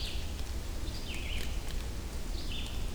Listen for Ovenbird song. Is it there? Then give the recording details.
no. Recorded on 24 June 2016 at 06:14. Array SBT-6-76